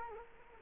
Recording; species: mosquito wingbeat signal from an infrared sensor; Culex quinquefasciatus